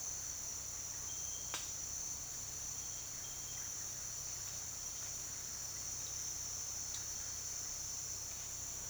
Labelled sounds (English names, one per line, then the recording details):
none
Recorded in secondary vegetation near Puerto Asís, Putumayo, Colombia, on 19 June 2025 at 08:30
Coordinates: 0.485, -76.322
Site GP06